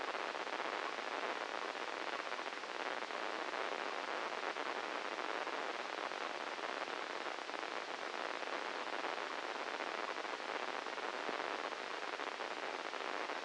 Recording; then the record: brain microelectrode recording played as sound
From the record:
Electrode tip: inside the subthalamic nucleus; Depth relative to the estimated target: -5 mm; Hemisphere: left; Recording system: NeuroSet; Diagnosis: Parkinson's disease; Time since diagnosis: 10 years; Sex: male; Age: 56 years